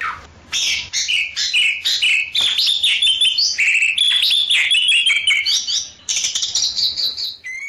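Bali Myna giving a fast series of loud, varied chirps and squeaky whistles, high and clipped, barely pausing between notes.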